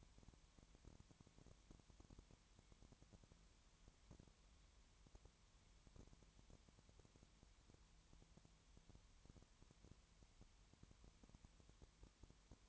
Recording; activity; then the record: daily activity, microphone in the room; no activity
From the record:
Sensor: 3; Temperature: 20.5 degrees Celsius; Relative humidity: 33.0%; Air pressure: 1003.2 hPa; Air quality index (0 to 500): 105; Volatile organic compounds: 2 ppm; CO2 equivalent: 1067 ppm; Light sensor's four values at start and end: 2/3/2/2 and 2/3/2/2